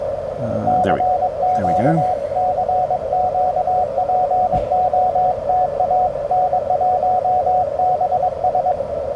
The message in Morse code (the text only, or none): CQ CQ POTA N1BS